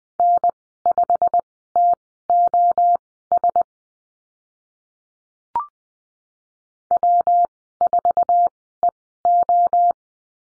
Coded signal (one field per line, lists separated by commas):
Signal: Morse code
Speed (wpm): 20 wpm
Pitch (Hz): 700 Hz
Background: none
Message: N5TOS W4EO